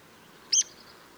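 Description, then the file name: Citril finch call: one short, high, sharp note lasting about a tenth of a second, standing alone over a faint steady hiss. Wank, Garmisch; 26 April 2014. "Zitronenzeisig 26 04 2014 Wank GAR Michle Pron"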